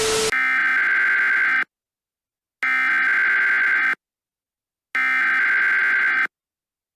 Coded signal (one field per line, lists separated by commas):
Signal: Emergency Alert System (SAME) tones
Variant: header bursts